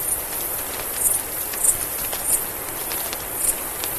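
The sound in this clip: Mexican free-tailed bat, a handful of thin high chirps at uneven intervals, with soft ticking and a hissy background.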